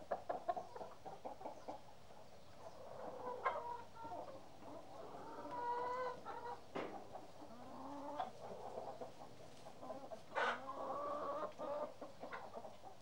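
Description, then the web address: Chicken clucking: short notes in irregular bursts, some longer and more drawn-out. Chickens in a hen house. "BBC Sound Effects Library. Hen House"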